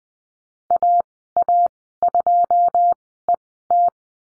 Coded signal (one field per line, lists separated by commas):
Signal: Morse code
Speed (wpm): 20 wpm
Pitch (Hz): 700 Hz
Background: none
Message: AA2ET